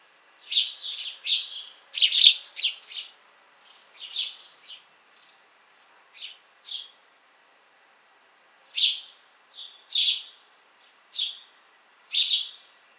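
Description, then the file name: House sparrow giving clustered chirps, a quick flurry early on, a quiet stretch, then single loud chirps roughly every second toward the end. "Passer domesticus"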